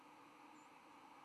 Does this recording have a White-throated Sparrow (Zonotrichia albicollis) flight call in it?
yes